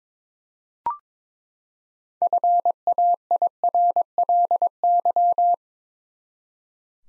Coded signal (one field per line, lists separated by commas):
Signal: Morse code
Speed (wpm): 22 wpm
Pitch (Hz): 700 Hz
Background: none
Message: FAIRLY